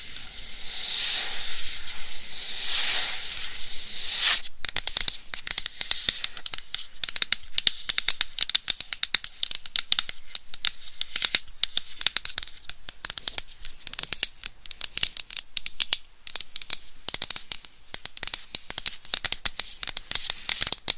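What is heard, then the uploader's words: Bright nail scratching on a microphone hisses for about four seconds, then abruptly gives way to a dense, rapid stream of crisp taps and clicks. ASMR Binaural Mic Scratching & Tapping for 100% SLEEP No Talking with Long Nails.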